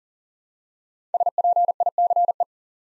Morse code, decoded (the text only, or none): SPICE